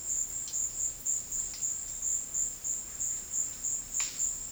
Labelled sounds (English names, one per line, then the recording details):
none
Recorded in dense forest near Puerto Asís, Putumayo, Colombia, on 19 February 2024 at 17:00
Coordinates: 0.481, -76.318
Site G6421